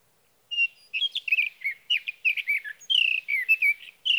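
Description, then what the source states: Sage thrasher song, a long, fast, continuous warble of short buzzy and whistled notes lasting over three seconds. Male singing through the night near his night roost, evening of June 12 to morning of June 15, 2018, Sierra Valley, California; Swift recorder.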